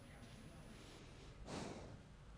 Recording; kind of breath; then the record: one breath in and out by a microphone near the nose and mouth; normal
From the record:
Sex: male